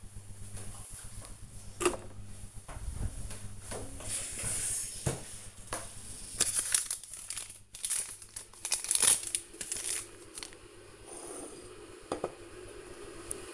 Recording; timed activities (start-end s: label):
household activities, microphone on the right wrist
0.00-13.54 s: making tea